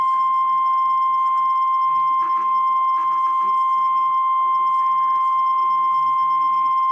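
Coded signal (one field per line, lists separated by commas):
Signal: Emergency Alert System (SAME) tones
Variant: 1050 Hz attention tone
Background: speech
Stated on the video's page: Tornado warning received on NOAA Weather Radio.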